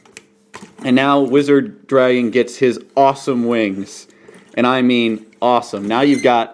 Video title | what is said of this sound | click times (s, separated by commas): Toku Toy Time - Wizard Dragon Review | it in just two clicks and you're done | 0.2 s, 0.5 s